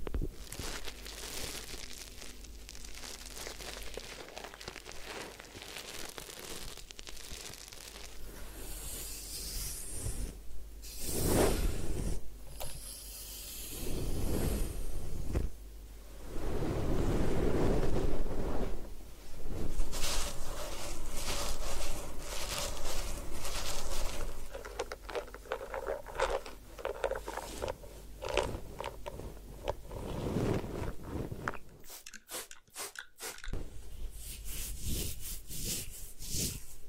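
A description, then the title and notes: A hair wash and head massage with steady hissing water and rubbing, scratching textures across the scalp. The sound swells and fades in washes, louder surges around 11, 17 and 20 seconds, with a brief near-silent break around 32 seconds. Head Spa Hair Wash, Massage, Ear Cleaning.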